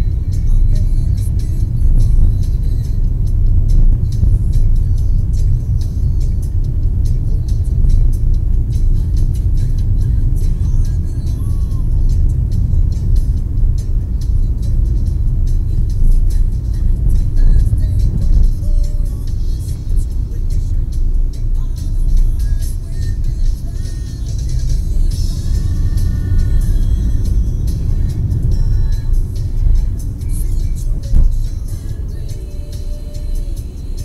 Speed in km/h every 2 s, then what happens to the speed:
35, 37, 37, 37, 39, 40, 40, 40, 39, 39, 38, 37, 41, 47, 44, 41, 42.
0-23 steady at about 38. 23-26 speeds up to 47. 26-34 steady at about 42.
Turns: none.